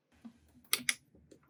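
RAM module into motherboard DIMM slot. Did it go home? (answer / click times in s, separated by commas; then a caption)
yes / 0.7 s, 0.9 s. A DDR4 RAM module is pressed down firmly into a motherboard DIMM slot, and two sharp, bright clicks ring out at 0.7 s and 0.9 s as the slot latches snap shut, well above the faint handling noise around them. The module is seated.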